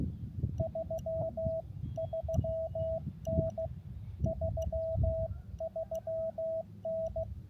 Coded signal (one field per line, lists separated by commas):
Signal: Morse code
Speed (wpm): 15 wpm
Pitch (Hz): 650 Hz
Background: radio noise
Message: 33N 33N